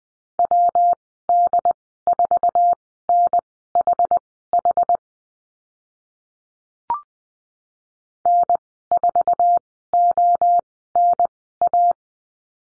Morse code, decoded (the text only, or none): WD4NHH N4ONA